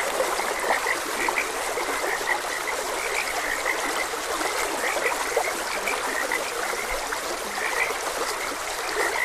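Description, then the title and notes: Dense frog chorus of short repeated croaks, steady and unbroken, layered over the gentle rush of a stream. Frogs croaking beside a gentle stream. "Gentle Stream and Frogs Croaking. Sleep and Relaxation Podcast"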